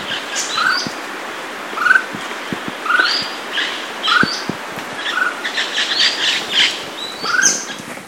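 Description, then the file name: Rufous-tailed antthrush call notes, short upslurred whistles repeated every second or two, with higher notes from other birds. Call note recorded in a state park in Brazil. "Chamaeza-ruficauda-callnote-NCunha PESM"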